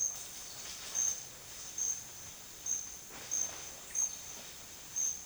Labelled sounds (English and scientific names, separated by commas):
none